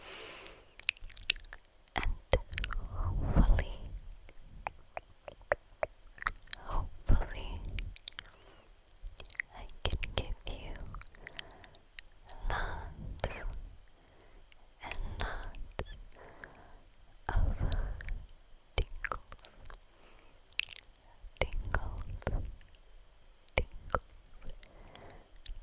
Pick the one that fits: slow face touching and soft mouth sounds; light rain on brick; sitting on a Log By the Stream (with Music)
slow face touching and soft mouth sounds